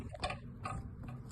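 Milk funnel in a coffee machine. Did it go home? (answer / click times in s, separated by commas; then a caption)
yes / 0.2 s, 0.7 s. A plastic milk funnel is refitted into a coffee machine and its lock is turned upward until it latches. Light ticking plastic clicks are heard, with the latch clicking at 0.2 s and 0.7 s. The funnel is seated and locked in place, and it does not pull out when checked.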